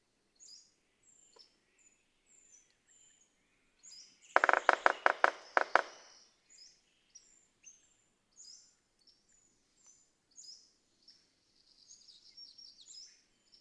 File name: Red-breasted Sapsucker